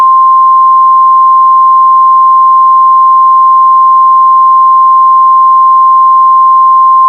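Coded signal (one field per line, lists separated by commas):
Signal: Emergency Alert System (SAME) tones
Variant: 1050 Hz attention tone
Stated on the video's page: Recreated EAS scenario using valid SAME tones, with a Radioshack 12-996 siren involved; simulated, not aired.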